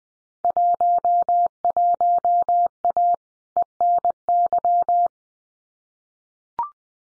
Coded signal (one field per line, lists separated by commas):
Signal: Morse code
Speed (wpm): 20 wpm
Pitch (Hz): 700 Hz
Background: none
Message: 11A ENY